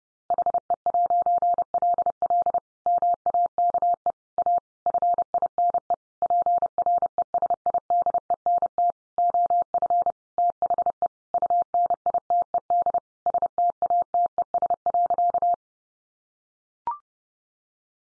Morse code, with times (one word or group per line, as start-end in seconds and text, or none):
0.3-2.6 HE'LL
2.9-4.1 MAKE
4.4-4.6 A
4.9-5.9 FINE
6.2-8.9 PRESIDENT
9.2-10.1 OF
10.4-11.1 THE
11.3-13.0 UNITED
13.3-15.5 STATES.